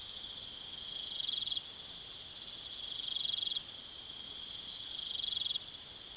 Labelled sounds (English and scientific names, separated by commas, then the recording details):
none
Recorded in pastures near Puerto Asís, Putumayo, Colombia, on 22 June 2025 at 23:00
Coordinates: 0.486, -76.323
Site H29